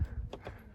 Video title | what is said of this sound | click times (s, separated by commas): 2017 Chevy Express: Dimmer Switch Replacement | it'll go right back into those clips you see that it even clicked into | 0.3 s